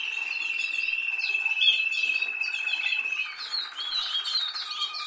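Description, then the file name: Canary song: a steady high trilled note held through the first part under quick, varied chirps and twitters, then busier twittering, slightly softer near the end. "Canary Voice"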